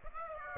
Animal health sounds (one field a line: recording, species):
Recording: mosquito wingbeat signal from an infrared sensor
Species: Aedes aegypti